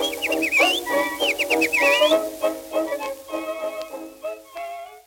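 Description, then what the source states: Common cranes calling in a group, loud rolling trumpeted notes overlapping with thin rising whistles, then fading lower bugles trailing off into quiet. Large group of cranes calling to one another in a farmer's field, western Estonia; gathering to feed and socialize before migrating south to Sudan, Ethiopia, Tunisia and Eritrea river valleys.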